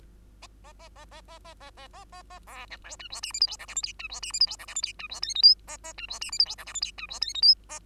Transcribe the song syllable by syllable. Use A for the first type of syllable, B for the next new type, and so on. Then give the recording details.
A A A A A A A A A A A A B C D E F G H I J K L M N E F G H I J K L M N E F O P Q A A E F G H I J K L M N E F O P Q A. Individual Bird2